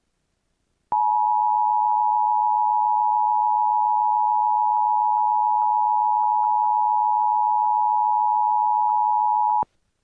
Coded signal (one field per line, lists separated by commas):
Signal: Emergency Alert System (SAME) tones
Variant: 853 and 960 Hz attention tone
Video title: EAS Scenario: Mobius City Airport Hostage